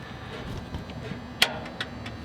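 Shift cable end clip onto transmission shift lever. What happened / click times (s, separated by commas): The shift cable end clip snapped onto its lever / 1.4 s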